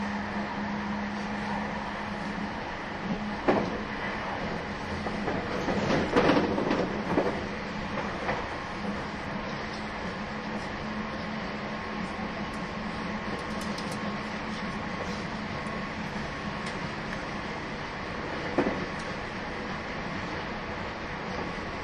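A train runs along with a steady, even rumble and a constant low hum underneath. Sharp clicks and clatters of the wheels come around 3.5 seconds, in a busier cluster from 5 to 8 seconds, and again near 18.5 seconds.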